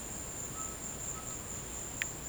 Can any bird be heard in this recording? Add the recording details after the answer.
no. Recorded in dense forest near Puerto Asís, Putumayo, Colombia, on 22 December 2024 at 15:30. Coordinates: 0.484, -76.317. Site G026